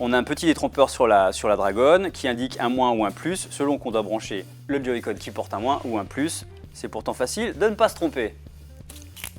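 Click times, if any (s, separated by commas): 9.2 s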